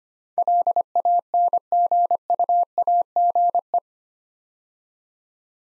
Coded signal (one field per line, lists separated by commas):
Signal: Morse code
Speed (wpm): 25 wpm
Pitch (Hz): 700 Hz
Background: none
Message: LANGUAGE